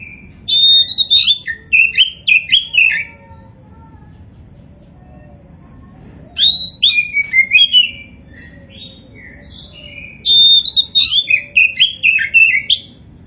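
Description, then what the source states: Oriental magpie-robin singing in three distinct bursts of bright, varied, high whistles and quick slurred notes, separated by short silences. Kacer poci variety, singing in vigorous full song known as gacor.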